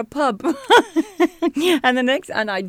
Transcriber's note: she laughs